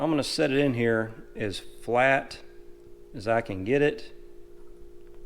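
Someone talks while setting an insert with a rubber O-ring, greased with white lithium grease, flat into a wheel. A steady low hum runs underneath. Nothing has seated or clicked yet.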